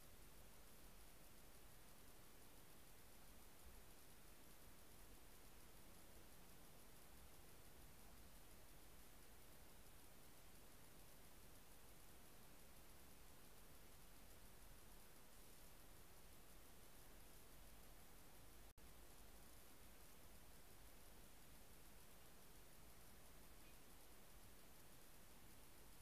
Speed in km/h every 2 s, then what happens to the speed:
0, 0, 0, 0, 0, 0, 0, 0, 0, 0, 0, 0, 0.
0-26 standing.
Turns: none.